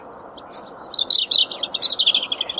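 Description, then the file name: European robin song: a high drawn-out whistle followed by a rapid, pulsing run of thin trilled notes, against low steady noise. "Erithacus rubecula"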